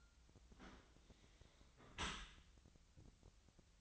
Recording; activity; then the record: daily activity, microphone in the room; close dishwasher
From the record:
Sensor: 3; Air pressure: 1003.1 hPa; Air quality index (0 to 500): 195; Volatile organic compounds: 6 ppm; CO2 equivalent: 1909 ppm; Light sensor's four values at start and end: 22/55/23/25 and 22/53/23/24